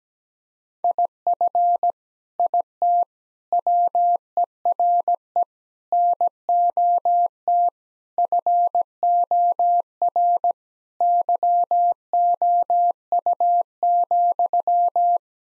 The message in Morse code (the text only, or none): IF IT WERE NOT FOR YOU,